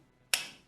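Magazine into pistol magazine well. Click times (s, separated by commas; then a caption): 0.3 s. A magazine is pushed into the magazine well in the grip of a pistol during a courtroom demonstration. After a quiet lead-in, a single sharp, bright click at 0.3 s marks the magazine locking into place, then a short ringing tail fades. The magazine is seated.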